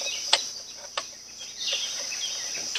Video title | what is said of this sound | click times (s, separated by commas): Will My Earthway Planter Plant in Older Harder Plowed Ground! Planting 6 Week Beans. | locks into place that's it right there | 0.3 s, 1.0 s